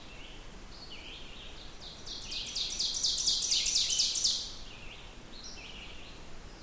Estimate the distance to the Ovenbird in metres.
about 40 m